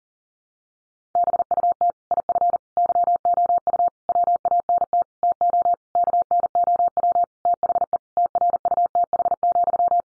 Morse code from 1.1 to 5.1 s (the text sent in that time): BUT IF YOU WANT